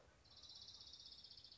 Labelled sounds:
Orange-crowned Warbler
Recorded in Sonoma County, California

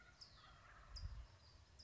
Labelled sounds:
Wild Turkey
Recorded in Sonoma County, California

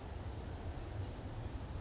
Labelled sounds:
Blue-gray Gnatcatcher
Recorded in Sonoma County, California

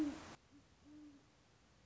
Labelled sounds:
Great Horned Owl
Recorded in Sonoma County, California

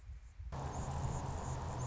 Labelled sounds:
Anna's Hummingbird
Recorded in Sonoma County, California

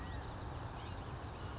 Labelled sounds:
California Quail
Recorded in Sonoma County, California

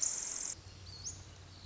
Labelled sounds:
Pacific Wren
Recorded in Sonoma County, California

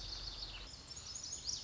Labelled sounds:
Lazuli Bunting
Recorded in Sonoma County, California

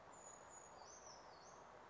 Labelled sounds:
Brown Creeper
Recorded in Sonoma County, California

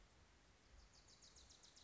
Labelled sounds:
Wilson's Warbler
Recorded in Sonoma County, California

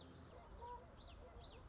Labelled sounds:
Common Yellowthroat
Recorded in Sonoma County, California

